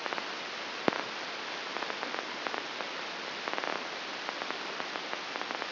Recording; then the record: brain microelectrode recording played as sound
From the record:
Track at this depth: outside the subthalamic nucleus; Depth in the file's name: 7.66 mm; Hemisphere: left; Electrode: 2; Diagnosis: Parkinson's disease